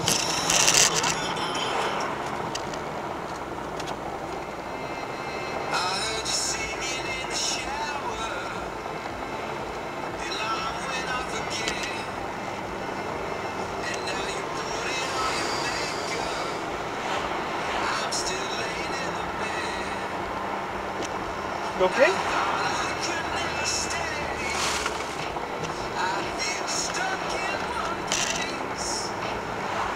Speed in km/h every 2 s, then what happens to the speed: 26, 39, 38, 40, 37, 40, 40, 45, 47, 50, 50, 51, 47, 48, 51.
0-2 speeds up to 39. 2-9 steady at about 38. 9-18 speeds up to 50. 18-30 steady at about 50.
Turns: none.